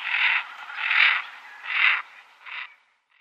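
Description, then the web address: Common merganser uttering a run of rough, buzzy croaks, three strong ones followed by a weaker, shorter one. Females. "Schulze Peter Goosander females"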